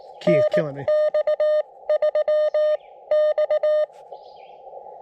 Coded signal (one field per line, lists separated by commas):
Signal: Morse code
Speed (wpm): 16 wpm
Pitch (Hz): 590 Hz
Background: speech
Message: NX3X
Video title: CW POTA at K-5322 Sugar Hill State Forest with the FX-4CR transceiver